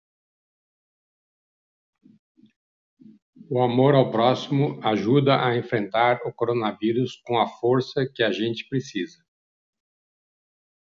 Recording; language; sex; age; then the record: spoken sentence; Brazilian Portuguese; male; 60 to 69 years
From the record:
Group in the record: control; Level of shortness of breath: 0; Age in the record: 65 years